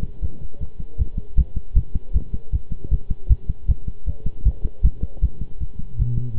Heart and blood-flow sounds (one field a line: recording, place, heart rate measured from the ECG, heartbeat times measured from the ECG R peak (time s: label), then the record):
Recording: heart sounds by stethoscope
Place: between the tricuspid and mitral areas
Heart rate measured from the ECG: 156 bpm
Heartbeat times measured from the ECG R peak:
0.22 s: heartbeat
0.60 s: heartbeat
0.99 s: heartbeat
1.37 s: heartbeat
1.76 s: heartbeat
2.14 s: heartbeat
2.52 s: heartbeat
2.91 s: heartbeat
3.30 s: heartbeat
3.68 s: heartbeat
4.06 s: heartbeat
4.45 s: heartbeat
4.84 s: heartbeat
5.22 s: heartbeat
5.60 s: heartbeat
5.98 s: heartbeat
6.37 s: heartbeat
From the record:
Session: pedaling a stationary bicycle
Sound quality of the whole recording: good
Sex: male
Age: 23 years